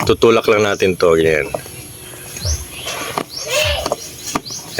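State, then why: Seated. A replacement switch for a 200cc ATV is pushed into its mounting hole in the ATV panel/handlebar housing while someone talks. Sharp clicks are heard at 3.2 s and 3.9 s as the clips on both sides lock. The switch is seated and locked in the housing.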